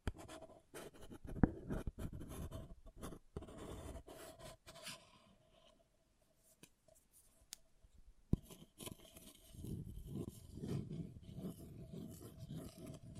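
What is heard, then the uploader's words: An object scratches in uneven bursts of rough, rasping strokes, with sharp clicks near 1.5 and 8.5 seconds and a quieter gap around 6 seconds. ASMR Brain Melting Object Scratching (No Talking).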